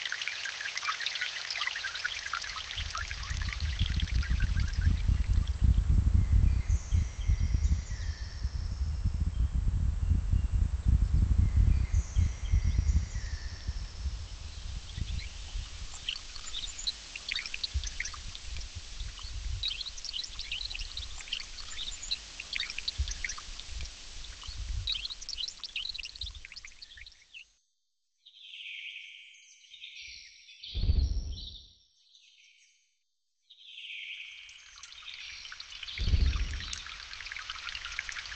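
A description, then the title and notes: A dense rainforest chorus of chirping birds and insects, over a heavy low rumble that is strongest in the first thirteen seconds and then eases. Near the twenty-seven second mark the sound drops almost to silence, broken by a few thumps and scattered calls. Rainforest.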